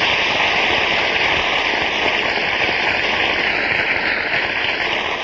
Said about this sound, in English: I don't mind you getting a certain amount of applause, but this is ridiculous. Sounds like you brought your relatives.